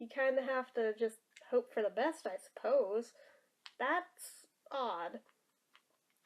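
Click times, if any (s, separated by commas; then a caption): none. Someone talks while closing the hinged plastic flip cap on a Blistex Ultra Moisturizing Bliss Flip lip balm sphere, which only hinges loosely instead of clicking into place. Only faint, brief sounds follow after the talking ends near 5.8 and 6.3 seconds. The cap has not clicked shut or seated.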